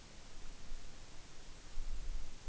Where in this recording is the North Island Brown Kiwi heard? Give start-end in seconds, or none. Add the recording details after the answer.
none. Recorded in New Zealand on 8 June 2013. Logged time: 02:19